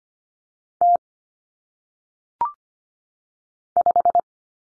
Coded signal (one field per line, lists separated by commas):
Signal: Morse code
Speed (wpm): 25 wpm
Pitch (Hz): 700 Hz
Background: none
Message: T 5